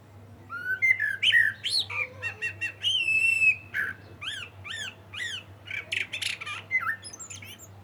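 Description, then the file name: Common blackbird singing a long busy phrase of fluted whistles mixed with rapid high chirps and squeaky notes, nearly continuous throughout, with a steady low hum beneath. "Turdus merula"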